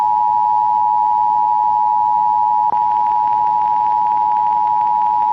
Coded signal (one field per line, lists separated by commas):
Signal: Emergency Alert System (SAME) tones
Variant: 853 and 960 Hz attention tone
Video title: Another AZ silver alert (EAS#129)